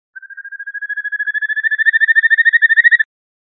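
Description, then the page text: Kajika frog calling with a single trill of rapid, clean whistled pulses, rising slightly in pitch and growing louder for about three seconds before stopping. Calls with a beautiful voice. "美しい声で鳴くカジカガエル - 着信音-sound-HIRingtone"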